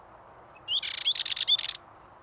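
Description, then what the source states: Dartford warbler giving one brief, harsh, chattering song phrase of dry buzzy notes with a few thin whistled accents. Male singing at Pornic, Loire-Atlantique, France.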